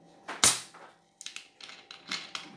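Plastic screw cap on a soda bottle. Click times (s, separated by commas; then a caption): 0.4 s. The plastic screw cap of a cola PET bottle is twisted open, and its tamper ring breaks with a loud, sharp click at 0.4 s, just after a softer crack at 0.3 s. A series of faint plastic ticks and crackles follows until the end. The cap comes free, and the bottle is open.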